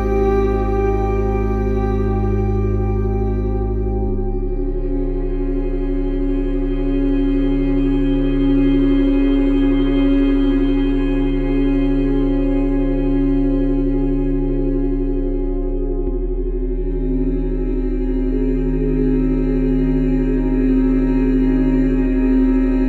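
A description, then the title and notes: Binaural beat meditation music: a steady, loud low hum with sustained bowl-like drones layered above, holding an even level throughout. The low tones shift at about 4 seconds and again near 16 seconds, while faint shimmering overtones hang higher up. 12.3 Hz Alpha Brainwave. Binaural Beat Meditation Music.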